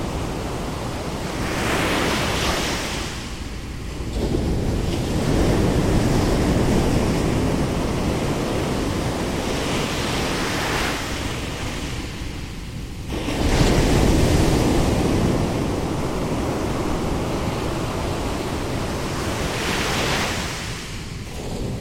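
Surf pounds against the sand in a continuous, dense roar with a heavy low rumble. Waves swell and break roughly every four to six seconds, with louder surges near 4, 13 and 20 seconds and a hissing wash as each one spreads out. Wind buffets the microphone throughout.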